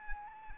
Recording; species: mosquito wingbeat signal from an infrared sensor; Anopheles arabiensis